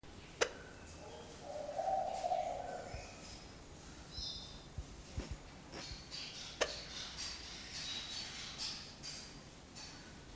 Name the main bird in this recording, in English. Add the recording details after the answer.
Hartlaub's Turaco. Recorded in captivity. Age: adult. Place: Zoo Berlin, Berlin, DE. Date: 1997-10-25 10:52. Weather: wolkig, 3°C. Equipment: Nagra SN, Kopie Uher 4000 Report Monitor. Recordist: Tembrock, Günter